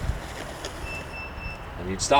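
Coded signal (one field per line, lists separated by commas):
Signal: none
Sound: car parking sensor beeps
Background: speech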